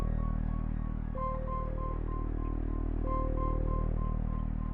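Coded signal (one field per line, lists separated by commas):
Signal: none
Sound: game music beeps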